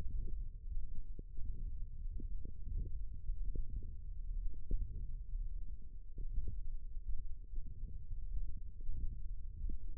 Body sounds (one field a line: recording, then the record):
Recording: forearm muscle sounds (acoustic myography)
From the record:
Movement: wrist extension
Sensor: system 1, eight BSWA MPA416 microphones around the upper forearm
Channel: 2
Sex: male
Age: 21 years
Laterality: right